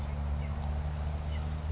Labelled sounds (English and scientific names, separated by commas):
California Towhee (Melozone crissalis)